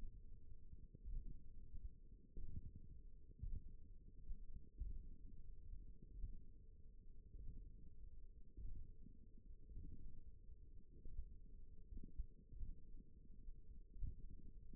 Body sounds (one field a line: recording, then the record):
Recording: forearm muscle sounds (acoustic myography)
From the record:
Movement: finger pinch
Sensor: system 1, eight BSWA MPA416 microphones around the upper forearm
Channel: 2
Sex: female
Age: 20 years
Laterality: right